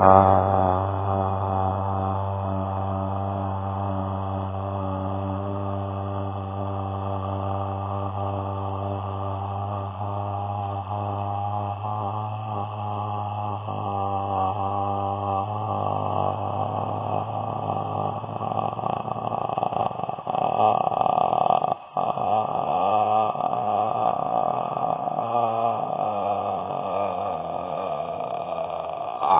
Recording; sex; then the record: sustained vowel /a/; male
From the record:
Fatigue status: no fatigue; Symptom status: symptomatic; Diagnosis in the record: COVID-19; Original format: 3gp